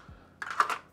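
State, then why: Not seated. A pistol is pushed into a LAS Concealment Ronin 3.0 appendix kydex holster, where the trigger guard must pass a molded retention divot to lock in. A soft low thump is followed by a quick run of sharp plastic clicks and scrapes from about 0.4 to 0.75 s, loudest around 0.6 s. The clip ends before the pistol goes home, so nothing has seated or clicked into retention yet.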